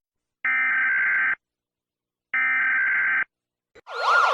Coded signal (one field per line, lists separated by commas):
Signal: Emergency Alert System (SAME) tones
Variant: header bursts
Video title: Mr Increíble Perturbado - Escuchas la alarma de este país o ciudad/EAS ALARM (Parte 5)